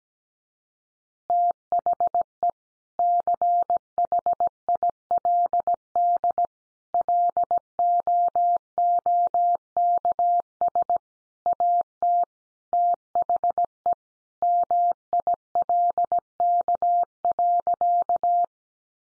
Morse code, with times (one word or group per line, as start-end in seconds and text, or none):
1.3-2.5 THE
3.0-6.5 CHILD
6.9-11.0 LOOKS
11.5-12.2 AT
12.7-13.9 THE
14.4-18.4 MILK.